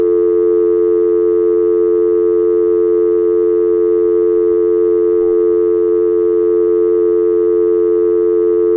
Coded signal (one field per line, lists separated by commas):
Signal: telephone call progress tone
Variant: North America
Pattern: dial tone